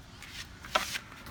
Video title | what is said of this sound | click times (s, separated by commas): Installing the Tesla Bike Rack | With this up, it snaps into place, and we're good to go. | 0.8 s